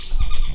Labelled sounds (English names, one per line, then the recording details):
Stitchbird song
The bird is a male
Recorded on Tiritiri Matangi Island, New Zealand, in 2005
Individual 16, of nest box 24